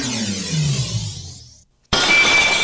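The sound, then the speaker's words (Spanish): A woman walks straight into a very clean glass door at a branch office: a loud thump with a wobbling, falling hum that fades into brief silence, then a sudden burst of hissy noise. “¿Se golpeó mucho? Esos vidrios están muy limpios, yo siempre le digo.”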